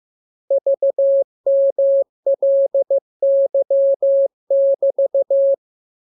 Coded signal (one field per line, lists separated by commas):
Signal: Morse code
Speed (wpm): 15 wpm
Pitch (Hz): 550 Hz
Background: none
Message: VMLY<BT>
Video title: Learning Morse Code. Lesson 21. Letter KMURESNAPTLWI.JZ=FOY,V